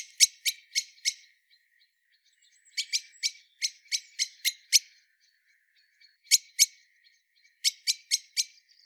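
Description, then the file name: Eurasian blackbird calls: clusters of sharp, ringing chink notes separated by silent gaps. "Turdus merula"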